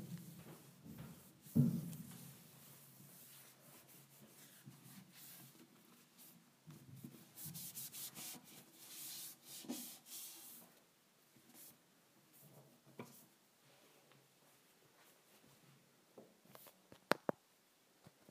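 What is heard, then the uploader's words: A wipe is dragged across a counter. Soft rubbing strokes come in uneven bursts, heaviest in the first ten seconds, with a low thump near 1.5 seconds. Quieter stretches follow, broken by a couple of sharp clicks near the end. ASMR Cleaning the Counter with a Wipe.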